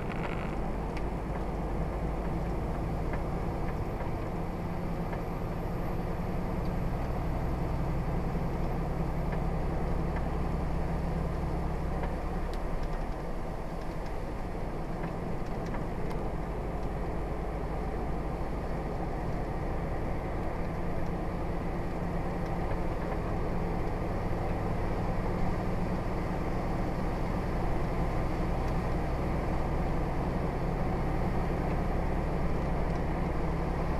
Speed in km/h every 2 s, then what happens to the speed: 35, 37, 40, 42, 42, 42, 42, 44, 45, 48, 50, 50, 52, 53, 55, 55, 55.
0-34 speeds up to 55.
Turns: none.